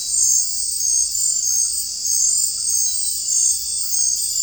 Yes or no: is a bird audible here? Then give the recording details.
no. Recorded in secondary vegetation near Puerto Asís, Putumayo, Colombia, on 16 December 2024 at 19:30. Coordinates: 0.481, -76.318. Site G042